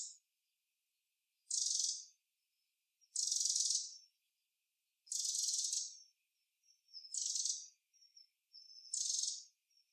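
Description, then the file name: Eurasian wren giving harsh rattling calls, several dry buzzy bursts at a steady pace, with faint thin high notes between. "Troglodytes troglodytes"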